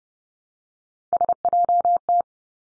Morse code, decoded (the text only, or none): SJT